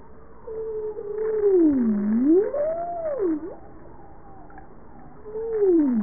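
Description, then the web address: Bowhead whale moans: a low tone falling, then rising in a smooth wave and dipping again, with a second falling moan near the end, over steady low background noise. "JASA 2013 Blue Bowhead Fin Humpback Southern Right Whale"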